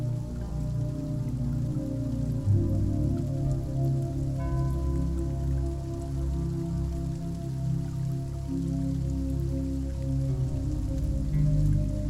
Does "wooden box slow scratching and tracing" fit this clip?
no